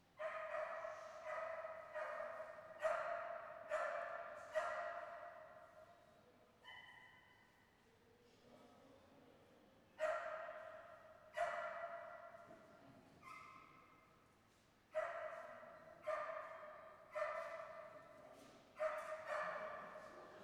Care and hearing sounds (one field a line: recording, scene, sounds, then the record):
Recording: everyday scene through a hearing-aid microphone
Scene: reverberant space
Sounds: barking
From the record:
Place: railway station hall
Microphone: behind the ear, left, front